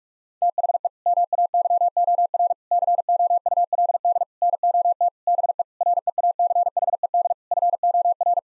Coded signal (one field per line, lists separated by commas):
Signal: Morse code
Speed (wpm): 43 wpm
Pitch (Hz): 700 Hz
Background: none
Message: THE MAYOR COULD NOT BE REACHED FOR